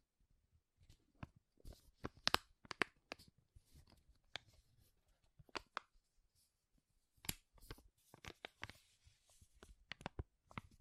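Loud, sharp crinkles come in irregular bursts, clustering around two and seven seconds, with crisp crackling snaps between short quiet gaps.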